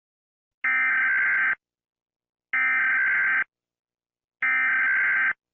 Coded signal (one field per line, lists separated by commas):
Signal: Emergency Alert System (SAME) tones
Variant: header bursts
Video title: EAS anti piracy screen. (ANTI PIRACY SCREEN TEST)